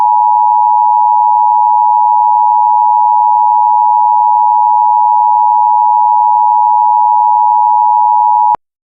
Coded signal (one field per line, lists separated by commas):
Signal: Emergency Alert System (SAME) tones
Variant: 853 and 960 Hz attention tone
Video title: EAS Tornado Warning Chicago but it got reworked